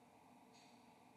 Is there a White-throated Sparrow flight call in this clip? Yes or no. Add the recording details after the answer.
no. No flight call is heard. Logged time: 10:33 on 3 December 2014